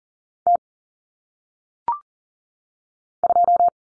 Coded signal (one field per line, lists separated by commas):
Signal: Morse code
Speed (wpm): 40 wpm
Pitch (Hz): 700 Hz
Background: none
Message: T 2